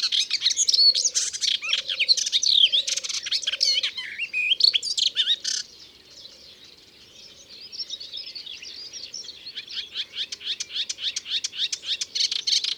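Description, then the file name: Melodious warbler song of quick, varied chattering phrases, a quieter spell, then a rapid run of repeated buzzy notes; a low droning sound recurs beneath. Recorded in Ardèche. "Hypolais-Polyglotte Ardeche"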